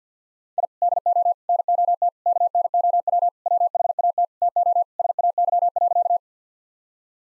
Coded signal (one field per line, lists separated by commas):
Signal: Morse code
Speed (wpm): 50 wpm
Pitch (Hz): 700 Hz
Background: none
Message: I DO NOT KNOW WHAT TO SAY.